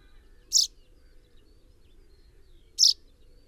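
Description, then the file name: Common chaffinch uttering two emphatic, clipped chip notes a little over two seconds apart over soft background noise. "Fringilla coelebs"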